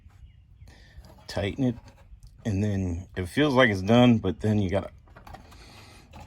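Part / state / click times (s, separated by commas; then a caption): fuel drain valve into fuel filter/water separator housing / not seated / none. A Snyder Performance Engineering (SPE) billet metal fuel drain valve is being tightened by hand into a fuel conditioner / water separator housing, where it must click into place to avoid a leak. Someone talks over faint handling sounds and a few small knocks near 0.7, 1.1, 5.1 and 5.3 seconds. The valve has not clicked or seated yet.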